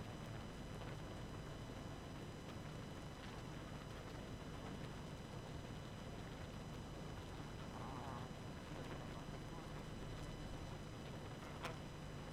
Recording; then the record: honeybee colony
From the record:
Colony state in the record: active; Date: 12 June 2018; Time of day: 22:51